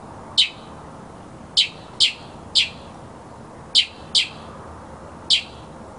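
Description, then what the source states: Mockingbird song of loud, harsh high notes given singly or in pairs at irregular gaps of about a second, against a steady hiss. Mockingbird song presented as masteran, a tutor recording for training songbirds.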